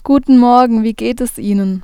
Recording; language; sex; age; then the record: spoken sentence; German; female; 20 to 29 years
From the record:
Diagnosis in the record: healthy voice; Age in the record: 20 years